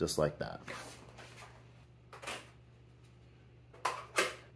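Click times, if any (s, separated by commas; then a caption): 3.9 s. Someone talks while pushing an aluminium LED light bar by hand, with no screws, into the metal frame of a 2022 Spider Farmer SE7000 Edition LED grow light. A sharp snap is heard at 3.9 s as the bar snaps in and locks into the frame.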